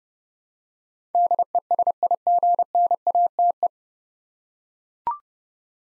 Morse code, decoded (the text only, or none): DESIGNATE